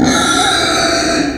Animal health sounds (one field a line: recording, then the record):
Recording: squeal of a Yucatan mini pig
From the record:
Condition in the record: before surgery on the right vocal fold (resection and tissue-engineered implant)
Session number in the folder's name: 3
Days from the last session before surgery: 0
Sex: female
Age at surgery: 19 weeks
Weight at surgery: 25 kg